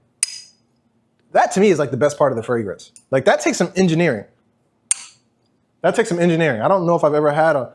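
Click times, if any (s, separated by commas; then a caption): 0.2 s. The weighted cap of a flask-shaped Creed Original Vetiver perfume bottle is pressed onto the bottle and snaps on with a sharp click at 0.2 s, seating firmly. Someone then talks, and another similar sharp click is heard at 4.9 s before the talking continues.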